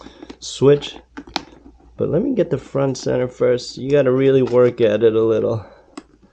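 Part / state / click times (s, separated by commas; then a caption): chin curtain tab into motorcycle helmet chin bar / seated / 6.0 s. A chin curtain's front center tab is worked hard into the chin bar of an HJC motorcycle helmet while someone talks. Short sharp sounds come at about 1.2–1.4 s, and a single click at 6.0 s marks the tab clicking home, seated.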